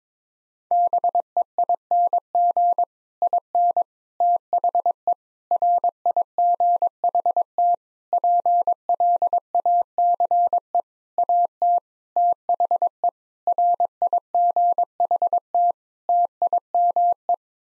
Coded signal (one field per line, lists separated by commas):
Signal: Morse code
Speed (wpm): 22 wpm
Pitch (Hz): 700 Hz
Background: none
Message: BEING IN THE RIGHT PLACE AT THE RIGHT TIME